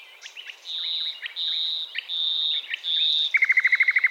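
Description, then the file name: Common nightingale song: four long steady whistled notes separated by short chirps, ending in a rapid run of identical sharp notes. "Luscinia megarhynchos"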